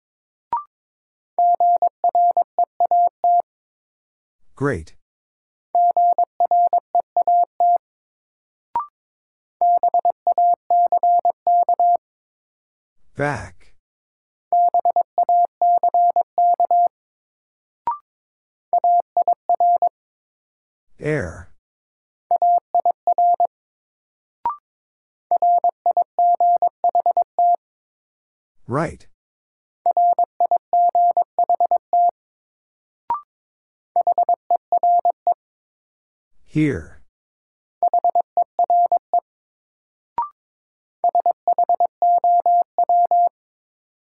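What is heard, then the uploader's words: A word is sent in Morse code as a steady mid-pitched beep, keyed on and off in quick dots and dashes. The same message repeats about every eight seconds. Each repeat is marked by a sharp click and a short, higher blip between groups. Sentences from Top 200 Words - New Word Drill - 22wpm. First, the word is sent in Morse code.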